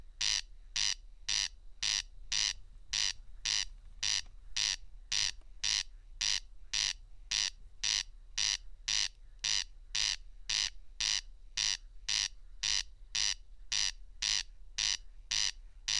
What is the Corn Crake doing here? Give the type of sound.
song